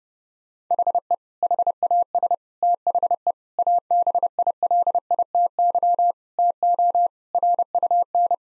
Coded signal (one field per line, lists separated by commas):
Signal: Morse code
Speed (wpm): 30 wpm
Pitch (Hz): 700 Hz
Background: none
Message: HE HAS THE ABILITY TO RUN